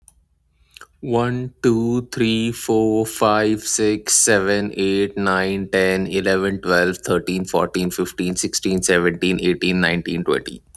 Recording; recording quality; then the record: counting at a normal pace; excellent, no background noise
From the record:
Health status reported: exposed to COVID-19, no respiratory illness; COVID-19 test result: not tested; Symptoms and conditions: none ticked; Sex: male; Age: 26 years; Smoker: not ticked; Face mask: not worn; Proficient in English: yes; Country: United States